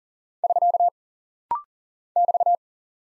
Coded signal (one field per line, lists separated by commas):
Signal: Morse code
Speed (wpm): 39 wpm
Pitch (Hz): 700 Hz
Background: none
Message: <SK> <BT>